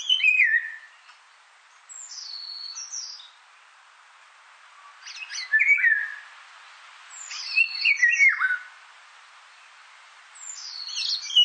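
Indian golden oriole, repeated song phrases of falling whistled notes and raspy high fragments, about five bursts separated by short quiet spells.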